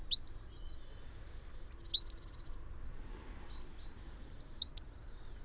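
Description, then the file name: Great tit calls: three short bursts of sharp, very high chipping notes spaced a few seconds apart, with faint background hum. "Parus major"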